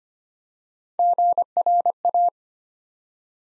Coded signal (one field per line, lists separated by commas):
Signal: Morse code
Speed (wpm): 25 wpm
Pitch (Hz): 700 Hz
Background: none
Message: GRA